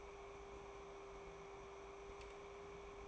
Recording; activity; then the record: daily activity, microphone in the room; take from stove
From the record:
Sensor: 1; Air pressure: 1010.3 hPa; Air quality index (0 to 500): 170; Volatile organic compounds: 12 ppm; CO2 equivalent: 2348 ppm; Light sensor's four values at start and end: 54/138/57/72 and 59/152/62/80